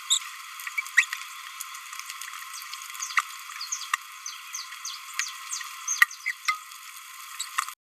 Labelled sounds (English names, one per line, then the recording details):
Green-rumped Parrotlet babbling
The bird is a male
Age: 29 days
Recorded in a nest box in Venezuela
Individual 17B31A1